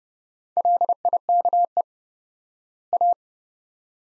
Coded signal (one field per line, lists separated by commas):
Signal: Morse code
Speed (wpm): 30 wpm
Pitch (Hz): 700 Hz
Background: none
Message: LIKE A